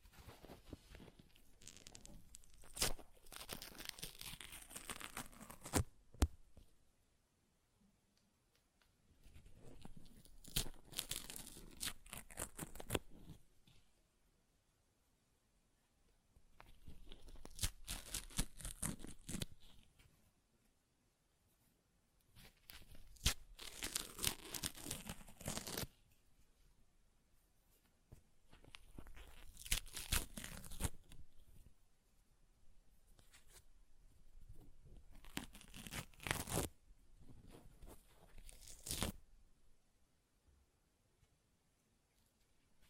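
Paper being ripped apart in a series of tearing bursts, about six of them, each lasting a few seconds with rough, crackling texture and sharp snaps. Short quiet gaps separate the tears, and some bursts end with a louder, brighter rip.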